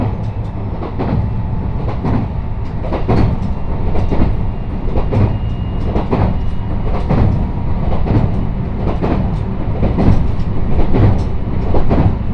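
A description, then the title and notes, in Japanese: A train on the Sanyo and Ako lines runs with a steady low rumble, wheel clicks recurring roughly every second, and a faint high tone. 山陽本線・赤穂線 姫路→播州赤穂。まだ5時台の電車ですが早起きして乗車します。播州赤穂行きの列車は223系の4両編成。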